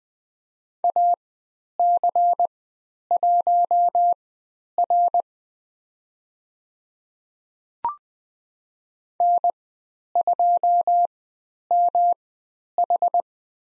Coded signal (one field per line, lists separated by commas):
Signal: Morse code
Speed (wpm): 20 wpm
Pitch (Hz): 700 Hz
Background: none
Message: AC1R N2MH